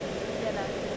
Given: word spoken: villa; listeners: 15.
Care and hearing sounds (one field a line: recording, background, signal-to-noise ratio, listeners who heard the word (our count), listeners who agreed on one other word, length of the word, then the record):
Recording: one English word in noise, from a listening test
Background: speech-shaped noise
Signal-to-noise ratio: -4.8 dB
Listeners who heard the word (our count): 0 of 15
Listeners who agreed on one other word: 6 of 15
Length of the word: 0.57 s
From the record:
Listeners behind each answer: 6, 2, 1, 1, 1, 1, 1, 1, 1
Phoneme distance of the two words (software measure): 20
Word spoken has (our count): 2 syllables, 4 phonemes, stress on syllable 1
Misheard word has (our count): 2 syllables, 4 phonemes, stress on syllable 1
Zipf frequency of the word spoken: 4.05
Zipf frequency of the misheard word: 4.77